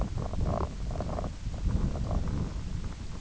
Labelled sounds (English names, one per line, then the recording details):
none
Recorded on Arctic tundra, site IGLO-F, on 22 June 2018
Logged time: 04:00